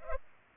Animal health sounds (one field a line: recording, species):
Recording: mosquito wingbeat signal from an infrared sensor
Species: Culex pipiens